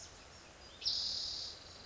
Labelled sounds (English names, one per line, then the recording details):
Spotted Towhee
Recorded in Sonoma County, California